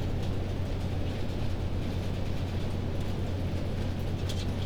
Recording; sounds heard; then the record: poultry house recording; no chicken sound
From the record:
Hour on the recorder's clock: 1